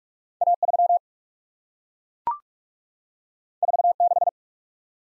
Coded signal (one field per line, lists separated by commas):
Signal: Morse code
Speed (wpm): 44 wpm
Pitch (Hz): 700 Hz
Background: none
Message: A 3 4 6